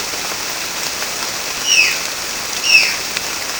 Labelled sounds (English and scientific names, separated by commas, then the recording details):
Violaceous Jay (Cyanocorax violaceus)
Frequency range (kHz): Violaceous Jay (Cyanocorax violaceus) 1.2-6.7 kHz
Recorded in pastures near Puerto Asís, Putumayo, Colombia, on 25 June 2025 at 14:00
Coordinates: 0.496, -76.326
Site GP01